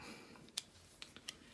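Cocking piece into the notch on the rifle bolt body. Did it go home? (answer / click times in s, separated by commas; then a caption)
yes / 0.6 s. While reassembling a Tikka T3x rifle bolt, the steel cocking piece is twisted against the firing-pin spring, with an Allen key left in for leverage, until it clicks into its notch on the bolt body. A sharp, bright click at 0.6 s marks the cocking piece seating, followed by fainter metallic ticks at about 1.0, 1.2 and 1.3 s. The cocking piece is confirmed seated in the notch.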